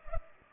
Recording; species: mosquito wingbeat signal from an infrared sensor; Culex pipiens